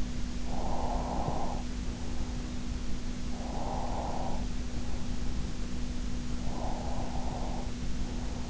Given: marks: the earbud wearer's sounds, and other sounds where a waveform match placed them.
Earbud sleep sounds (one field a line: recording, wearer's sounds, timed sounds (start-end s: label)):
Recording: sounds in sleep by an in-ear microphone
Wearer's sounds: breath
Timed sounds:
0.45-1.62 s: breath
3.32-4.46 s: breath
6.47-8.50 s: breath